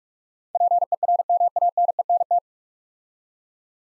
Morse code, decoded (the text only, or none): PERMANENT